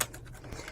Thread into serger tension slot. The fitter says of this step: and that is it locking into place right here and then we're going to come forward there is a little